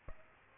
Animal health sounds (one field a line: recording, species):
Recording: mosquito wingbeat signal from an infrared sensor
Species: Aedes albopictus